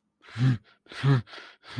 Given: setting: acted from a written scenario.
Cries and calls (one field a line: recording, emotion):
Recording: vocal sound without words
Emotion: distress